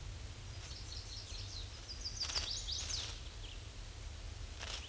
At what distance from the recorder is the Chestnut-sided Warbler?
about 25 m